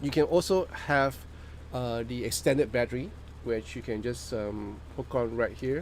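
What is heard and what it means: Someone talks while hooking an extended battery pack onto a handheld camera. Speech fills the clip over a steady low hum, and no click is heard. The battery has not seated or clicked into place yet.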